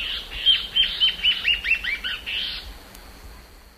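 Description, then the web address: Peruvian warbling antbird, a rapid series of descending whistled notes, fading out toward the end. Duet; eastern lowlands of South America. "Natures Songs S America Eastern Lowlands. Hypocnemis peruvianus, duet"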